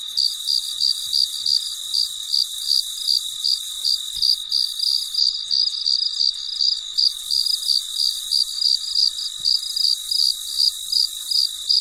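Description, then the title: Cricket with regular pulsed chirps close to three per second, a continuous high insect hum underneath, briefly thinning in the middle. Late at night, in deep quiet. "深夜录制蟋蟀昆虫声"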